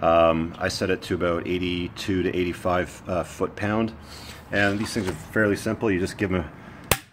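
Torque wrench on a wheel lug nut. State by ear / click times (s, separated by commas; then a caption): torque reached / 6.9 s. A click-type torque wrench set to about 82 to 85 ft-lb is pushed down to tighten a wheel lug nut on a BMW car. Someone talks, then the wrench gives a single sharp click at 6.9 s, showing the right torque has been applied.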